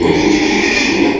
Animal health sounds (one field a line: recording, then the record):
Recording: squeal of a Yucatan mini pig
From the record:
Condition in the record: after surgery on the right vocal fold (resection and tissue-engineered implant)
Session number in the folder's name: 2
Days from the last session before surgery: 13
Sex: male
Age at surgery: 12 weeks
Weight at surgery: 13 kg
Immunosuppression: cyclosporine, prednisolone